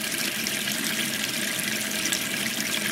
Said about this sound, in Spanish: Una canilla que gotea 46 litros.